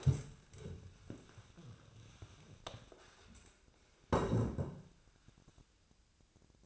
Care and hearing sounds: daily activity, microphone in the room; stand up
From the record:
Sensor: 2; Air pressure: 1000.3 hPa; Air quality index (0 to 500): 159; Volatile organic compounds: 3 ppm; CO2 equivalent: 1326 ppm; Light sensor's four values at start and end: 8/20/8/9 and 9/18/8/9

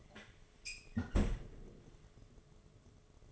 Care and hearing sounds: daily activity, microphone in the room; close fridge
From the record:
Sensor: 4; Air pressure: 1005.4 hPa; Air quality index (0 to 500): 177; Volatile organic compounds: 5 ppm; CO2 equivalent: 1740 ppm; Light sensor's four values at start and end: 5/10/4/3 and 6/12/4/4

